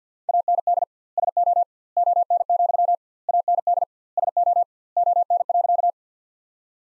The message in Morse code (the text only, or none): AND SO ON, AND SO ON.